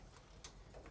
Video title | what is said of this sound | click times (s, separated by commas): OKI Pro 9541WT White Toner Printer - How to Setup | and you'll feel it lock into place | 0.4 s